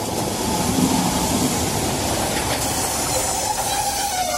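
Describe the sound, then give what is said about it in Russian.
A train on the route from Balakhoni to the district centre Churki rolls steadily along railway tracks, a continuous loud rumble layered with hiss and rattling, with a faint high whine creeping in toward the end. No voices. “По дороге из Балахони в райцентр Чурки поезд всегда останавливается на 14-м километре.”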